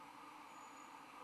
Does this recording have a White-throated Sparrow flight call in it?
no